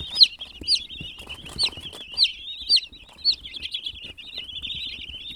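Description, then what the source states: Chicken chicks peeping nonstop, a crowd of high chirps with louder sharp descending peeps standing out about twice a second early on. Baby chicks chirping.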